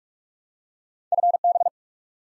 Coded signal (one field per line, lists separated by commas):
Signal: Morse code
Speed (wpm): 45 wpm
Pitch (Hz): 700 Hz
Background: none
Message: FB